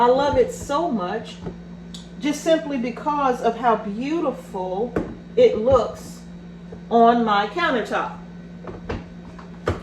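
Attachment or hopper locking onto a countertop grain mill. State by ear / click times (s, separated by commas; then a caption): seated / 9.7 s. Someone talks while fitting a part, the attachment or hopper, onto the body of a countertop grain mill. A few small knocks come near the end, then the sharpest hit at 9.7 s as the part locks into place, seated.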